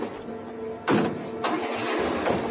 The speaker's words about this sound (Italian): Montalbano e Fazio principiarono a correre nelle rispettive macchine verso Montelusa, verso la villetta appena finita di costruire di Pellegrino.